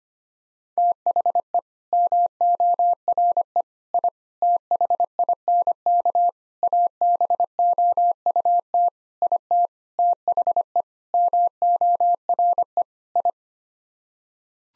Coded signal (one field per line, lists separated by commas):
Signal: Morse code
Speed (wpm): 25 wpm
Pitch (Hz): 700 Hz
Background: none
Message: THE MORE I THINK ABOUT IT THE MORE I